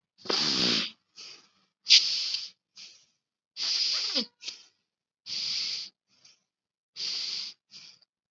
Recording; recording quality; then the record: shallow breathing; excellent, no background noise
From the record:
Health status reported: COVID-19 positive, moderate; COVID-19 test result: positive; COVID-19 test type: rapid antigen test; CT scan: not taken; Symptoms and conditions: cough, sore throat, fever, hypertension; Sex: male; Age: 55 years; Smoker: no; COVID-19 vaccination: both doses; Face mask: worn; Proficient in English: yes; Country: India